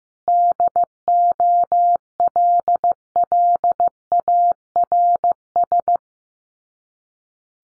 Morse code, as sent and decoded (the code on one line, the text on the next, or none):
-.. --- .-.. .-.. .- .-. ...
DOLLARS